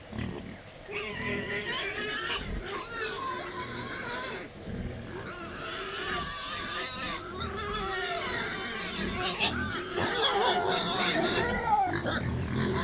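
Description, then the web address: Wild boar squealing and grunting excitedly, shrill wavering squeals overlapping almost continuously, with lower grunts underneath. Wild boar kept at Jászberény Zoo, excited before feeding, recorded 28 April 2015. "allathangok jaszberenyizoo 2015 professzionalis vaddiszno etetesrefelajzva c 04 28"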